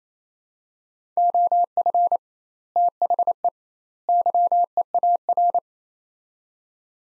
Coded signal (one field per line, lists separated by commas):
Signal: Morse code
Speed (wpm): 27 wpm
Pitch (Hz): 700 Hz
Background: none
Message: OF THE YEAR